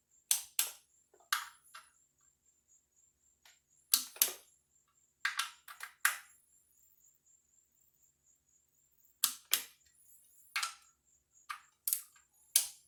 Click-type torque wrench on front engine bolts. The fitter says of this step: same as all the rest of bolts in the front for those you like to hear in the torque wrench click here we go